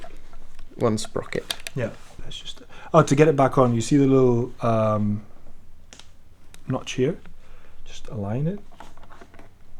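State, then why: Not seated. Someone talks while a sprocket or knob assembly is lined up by its notch to go back onto the body of an Arriflex 16BL 16 mm film camera, with faint handling ticks and taps between the words. Nothing has been twisted, clicked or seated yet; the part is still only being aligned.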